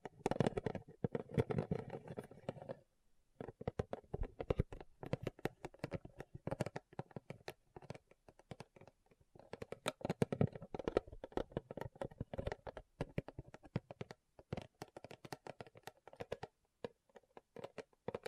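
Rhinestones being tapped and scratched in quick, uneven bursts of sharp clicks and ticks. The first three seconds hold a denser, rougher scratching, then the sound breaks into scattered taps and short scrapes with small pauses between them.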